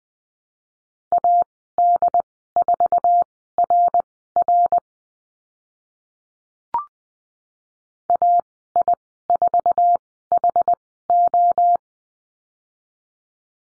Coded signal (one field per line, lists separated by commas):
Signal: Morse code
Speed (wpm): 19 wpm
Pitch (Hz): 700 Hz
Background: none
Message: AD4RR AI4HO